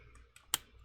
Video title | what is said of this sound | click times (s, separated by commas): Assembling : Pneumatic Syringe Assemblies | we go the leg bone like that so there's like a little quick-release thing right here in | 0.5 s